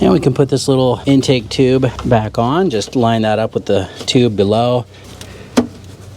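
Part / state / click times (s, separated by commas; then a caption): plastic air intake tube onto lower intake duct / seated / 5.6 s. Someone talks while lining up a small plastic air intake tube on a 2003–2007 Honda Accord with the tube below it and pushing it down onto the lower intake duct. A sharp snap at 5.6 s marks the intake tube seating into place.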